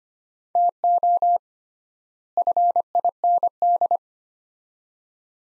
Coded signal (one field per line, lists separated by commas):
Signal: Morse code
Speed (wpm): 25 wpm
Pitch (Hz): 700 Hz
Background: none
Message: TO FIND